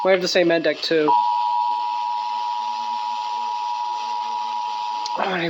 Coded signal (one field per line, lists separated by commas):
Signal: Emergency Alert System (SAME) tones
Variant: 853 and 960 Hz attention tone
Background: speech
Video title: Finally Ending Out ANOTHER May... | EAS #340-345 (Test Alerts from May 2023)